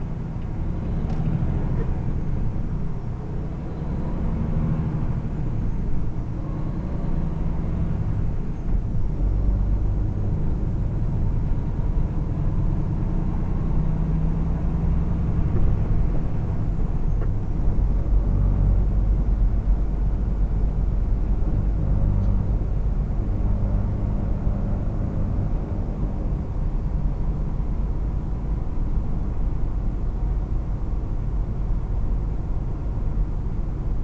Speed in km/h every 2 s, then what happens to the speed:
27, 34, 37, 44, 47, 53, 53, 63, 66, 64, 64, 64, 66, 66, 63, 63, 61.
0-16 speeds up to 66. 16-34 steady at about 64.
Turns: none.